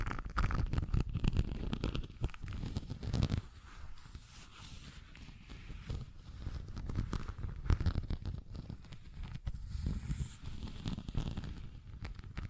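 ASMR tapping and scratching: dense, irregular crackly scrapes and soft taps with low thumps, busiest early on and again around eight to eleven seconds.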